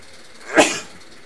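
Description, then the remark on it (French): A single sharp sneeze bursts out of near silence, a quick bright blast of breathy noise that peaks abruptly and trails off within a fraction of a second. “Alors, pardon, j'ai dû éternuer.”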